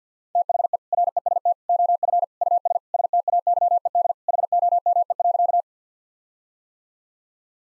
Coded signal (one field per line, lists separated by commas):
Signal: Morse code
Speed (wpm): 50 wpm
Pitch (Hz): 700 Hz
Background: none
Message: THE REST OF US STAYED HOME.